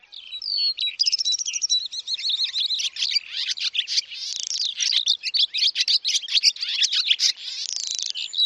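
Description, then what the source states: Skylark song, a fast, unbroken stream of high chirps, trills and buzzy warbled notes pouring out without pause for the whole stretch, with no other sounds. Melodious song, contrasted with primitive calls such as goose honking.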